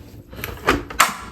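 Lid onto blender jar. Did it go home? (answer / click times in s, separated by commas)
yes / 1.0 s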